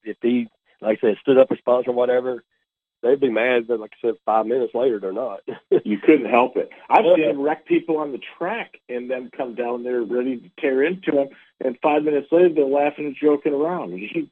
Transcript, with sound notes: if he, like I said, stood up a sponsor or whatever, they'd be mad but like I said, five minutes later they're not. (laughs)
You couldn't help it.
Oh, yeah.
I've seen him wreck people on the track and them come down there ready to tear into them, and five minutes later they're laughing and joking around.